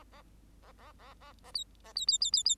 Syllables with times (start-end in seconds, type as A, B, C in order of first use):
0.62-0.72 A, 0.78-0.92 A, 0.98-1.14 A, 1.20-1.33 A, 1.44-1.51 A, 1.54-1.64 B, 1.84-1.93 A, 1.95-2.06 B, 2.07-2.18 B, 2.21-2.31 B, 2.32-2.43 B, 2.45-2.55 B